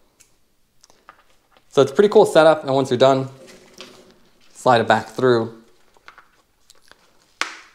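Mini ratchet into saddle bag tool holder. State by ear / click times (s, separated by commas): seated / 7.4 s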